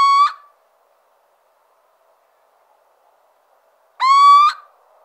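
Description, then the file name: Little owl giving two plaintive, slightly upslurred hoots about four seconds apart, the first cut off at the start, with a quiet pause between. "Cheveche-d Athena"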